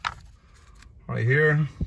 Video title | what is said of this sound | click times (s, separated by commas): 2011-2020 Hyundai Elentra Clock Spring Replacement, Steering airbag removal, airbag light ON. | You brace it down until you hear the click right | 0.1 s